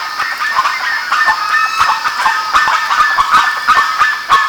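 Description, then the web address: Bird flock in full cry, quick irregular honking notes tumbling over one another throughout, no quiet gaps. "BIRD 2015 SABIOD 50 bird 2015"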